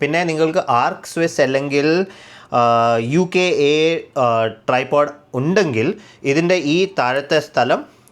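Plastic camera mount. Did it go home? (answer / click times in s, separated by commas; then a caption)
no / none. Someone talks while handling the base of an Ulanzi SK29 MagSafe phone holder as it is fitted toward an Arca-Swiss type tripod quick-release clamp. A brief sharp transient sounds at the very end, around 8.1 s. Nothing has seated or clicked into the clamp yet.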